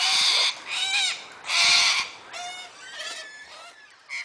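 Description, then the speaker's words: Sulphur-crested Cockatoo screeching: harsh, raucous bursts of broad noisy sound, several grating screeches in quick succession. Raucous screeching in the suburbs of Sydney, Australia; a common species in the city. "It wasn't long before I started hearing raucous sounds like this. The loudest of the screechers were sulfur-crested cockatoos, Cacatua gallerita."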